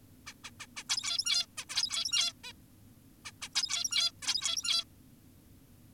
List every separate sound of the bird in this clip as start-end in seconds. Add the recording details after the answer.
0.27-0.34, 0.44-0.51, 0.60-0.66, 0.77-0.84, 0.89-1.46, 1.58-1.65, 1.70-2.33, 2.44-2.53, 3.25-3.32, 3.42-3.49, 3.56-4.12, 4.22-4.84. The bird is an adult. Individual g17y2U